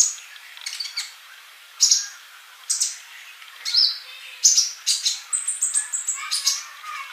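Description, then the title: Bird song, scattered high chirps building to a quick series of whistled notes near the end. "Kicau Burung"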